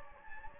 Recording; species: mosquito wingbeat signal from an infrared sensor; Anopheles gambiae